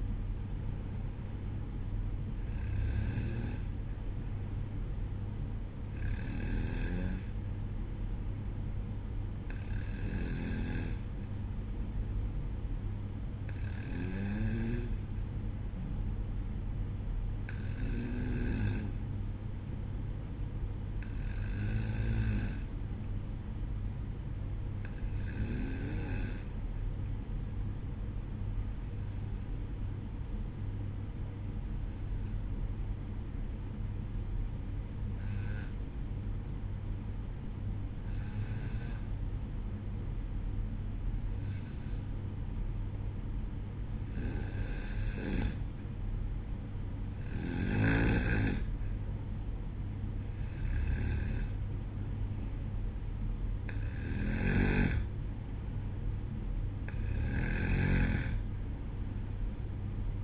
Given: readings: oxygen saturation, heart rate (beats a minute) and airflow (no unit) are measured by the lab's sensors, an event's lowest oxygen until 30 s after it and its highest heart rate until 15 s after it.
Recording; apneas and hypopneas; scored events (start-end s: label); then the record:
breathing in sleep by a smartphone at the bedside; 1
25.00-60.24 s: new sleep stage, N2 (light sleep)
27.00-49.00 s: hypopnea (N2, oxygen 95% highest, then 92% lowest, heart rate 64 at the start, 66 highest)
From the record:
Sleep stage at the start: N1 (lightest sleep); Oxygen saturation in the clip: 92 to 95%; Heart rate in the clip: 63 to 67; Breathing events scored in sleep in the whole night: 305 in 9.6 hours asleep